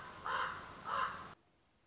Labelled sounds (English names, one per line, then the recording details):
Common Raven
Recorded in Sonoma County, California